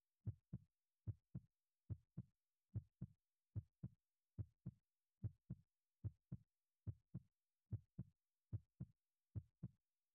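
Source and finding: Heart, heard against the chest. Normal heartbeat.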